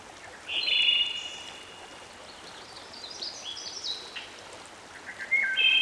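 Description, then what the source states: Wood Thrush song: clear fluted notes followed by a higher rippling trill, then a fresh phrase beginning at the end, with a stream rushing throughout. From Dan Gibson's Solitudes series, with a stream in the background.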